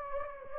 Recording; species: mosquito wingbeat signal from an infrared sensor; Anopheles gambiae